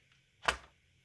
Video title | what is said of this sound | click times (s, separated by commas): Cooler Master MasterCase H500, Build Guide & Aorus B450 Pro WiFi | feel that click in place and this little clip here is | 0.5 s